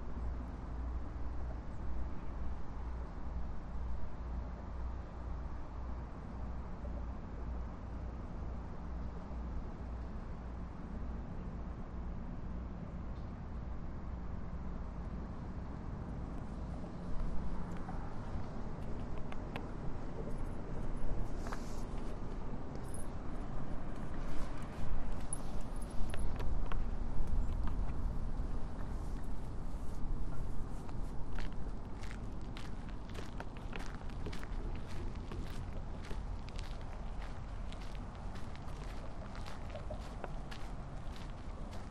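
A walk through Marpole: steady low traffic rumble, brightening after about sixteen seconds as frequent sharp clicks and taps from passing activity join in.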